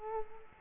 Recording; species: mosquito wingbeat signal from an infrared sensor; Culex quinquefasciatus